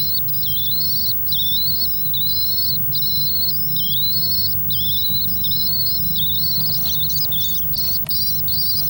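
Swift chicks giving thin, high trilled calls in near-continuous short bursts, with a steady low hum underneath.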